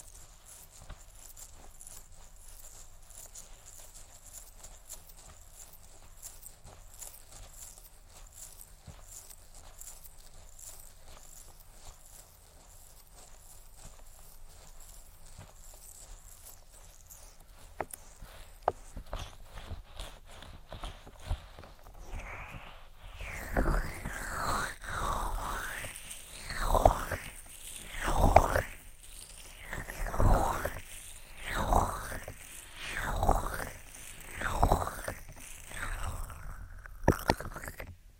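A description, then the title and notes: Close-up ear triggers: for the first twenty seconds, soft, dense crackly tapping and rustling sits quietly against the mic. Around the midpoint it shifts to louder, rhythmic rubbing or cupping sweeps, a muffled whoosh roughly every second and a half until the end. ASMR INTENSE Ear Attention Triggers (Tapping, Rubbing, Cupping, Lotion, Latex).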